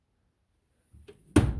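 Someone pulls the emergency release handle on a Chamberlain garage door opener, and the trolley's release latch lets go. After near silence, a faint rattle comes at about 1.1 s, then one sharp metallic clunk at 1.4 s that rings out briefly. The door disengages from the opener carriage and is released.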